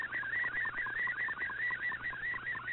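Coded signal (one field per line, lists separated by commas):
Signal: none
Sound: bird-like chirps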